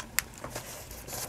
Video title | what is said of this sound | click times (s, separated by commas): Drone camera HD WLtoys V666 Test video | donc elle se clipse plutôt bien ici on connecte là tac | 0.2 s